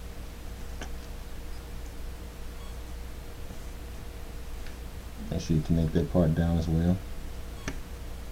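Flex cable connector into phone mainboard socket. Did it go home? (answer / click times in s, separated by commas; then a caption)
yes / 7.7 s. During a Galaxy S3 repair, a flex cable connector is pressed down onto the phone mainboard socket inside the plastic frame while someone talks. A few faint ticks come before it, then a sharp, short snap at 7.7 s shows the connector has seated.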